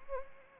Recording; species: mosquito wingbeat signal from an infrared sensor; Anopheles arabiensis